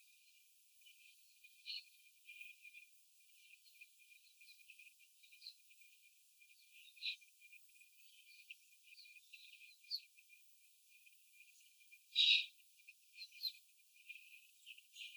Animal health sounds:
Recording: young laying hens in a cage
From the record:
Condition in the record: before the stressor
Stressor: sudden umbrella opening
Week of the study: 3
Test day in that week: 2

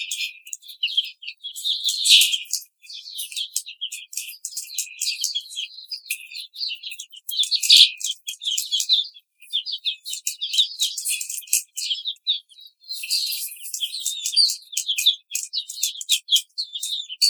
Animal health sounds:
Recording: young laying hens in a cage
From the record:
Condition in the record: treatment cage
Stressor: simulated dog barking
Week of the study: 5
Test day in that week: 1

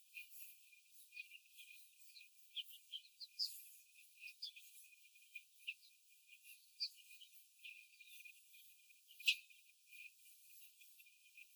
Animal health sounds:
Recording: young laying hens in a cage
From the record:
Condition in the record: after the stressor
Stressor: simulated dog barking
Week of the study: 4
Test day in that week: 1

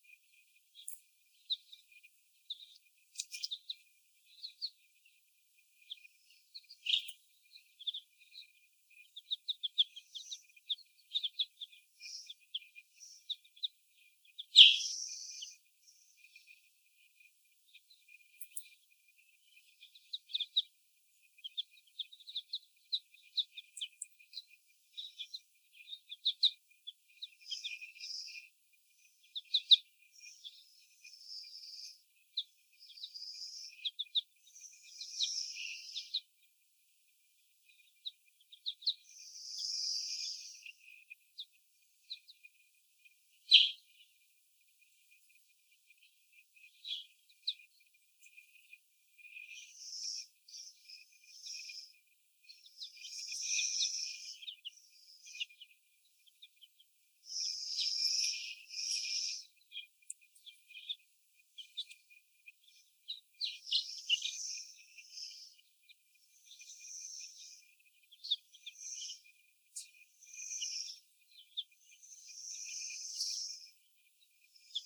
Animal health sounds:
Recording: young laying hens in a cage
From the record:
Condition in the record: before the stressor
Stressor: sudden umbrella opening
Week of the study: 1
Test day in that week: 1

